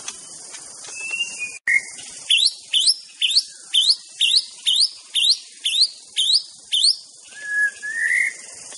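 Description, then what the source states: White-rumped shama song: short whistles, then a long series of sharp rising notes about twice a second, ending in a wavering whistle, over a steady high hiss. Wild bird in forest; natural, original song (Indonesian name murai batu).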